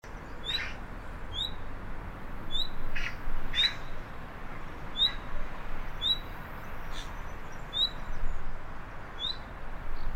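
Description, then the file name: Common nightingale giving several short, sharp downslurred call notes at slightly irregular intervals, about one every second or so, over a steady low rumble of background noise. "Luscinia megarhynchos"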